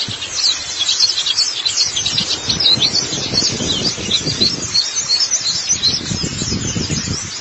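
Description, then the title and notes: White-eye song: continuous high, jumbled twittering with dense chirps, over low rumbling and scraping noises. "Kicauan Burung Pleci Durasi Panjang. Suara kicauan burung pleci"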